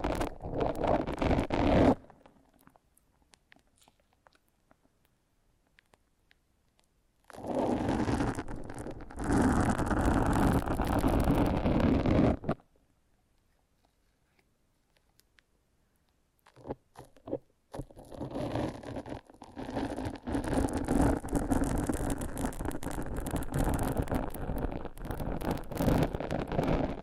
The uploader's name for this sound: Foam Massage